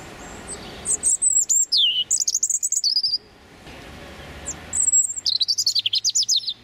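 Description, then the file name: European robin song in two bursts: high, sweet warbles and trills, then after a short pause a rapid run of thin, repeated twittering notes. Male singing his territorial song. "European Robin Erithacus rubecula male singing his territorial song"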